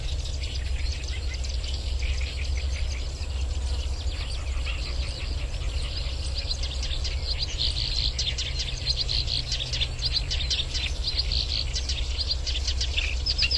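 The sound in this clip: Black-browed reed warbler song, a long run of scratchy, chattering high notes with quick clicks and trills, over a steady low hum.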